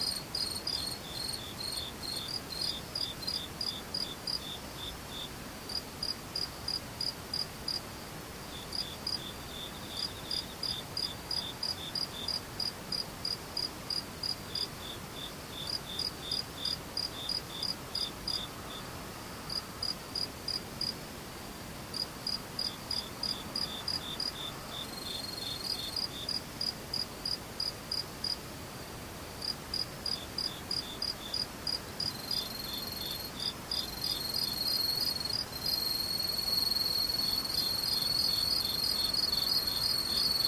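Insects chirp in regular bursts, a high, bright trill repeating about every second or two over a soft, steady hiss. From around the 25-second mark a second, higher and more continuous buzzing joins in, and the chorus grows fuller and louder toward the end.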